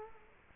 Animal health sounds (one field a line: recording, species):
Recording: mosquito wingbeat signal from an infrared sensor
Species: Culex quinquefasciatus